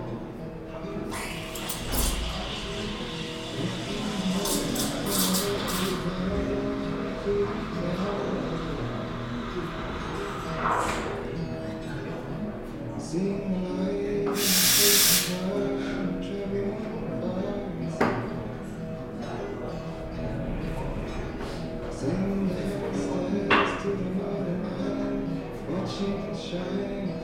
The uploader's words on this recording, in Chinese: 坐在咖啡馆有点开心｜城市声音。北京地坛旁边 没有特地录说话声。